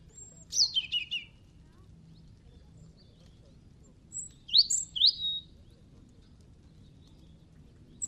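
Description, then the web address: European robin song: a high, thin, falling whistle followed by a few short squeaky notes midway, with quiet gaps and a low steady hum. "Deverinetal 2025 File origin Bird Only Er Ru"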